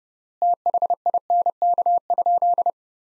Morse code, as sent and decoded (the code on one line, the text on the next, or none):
- .... .. -. -.- ..--..
THINK?